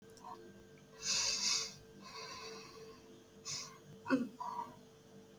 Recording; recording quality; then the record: shallow breathing; excellent, no background noise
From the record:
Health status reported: COVID-19 positive, no symptoms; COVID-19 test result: positive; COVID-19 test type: RT-PCR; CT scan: not taken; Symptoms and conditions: cough, cold, sore throat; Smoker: no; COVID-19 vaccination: both doses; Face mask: worn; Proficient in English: yes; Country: India